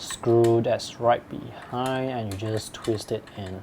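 Someone talks while handling a Dell S2817Q 4K monitor stand, with the stand neck slotted into the monitor stand base and fixed by a thumbscrew under the back. Faint handling noise sits under the speech. Nothing has seated or clicked yet.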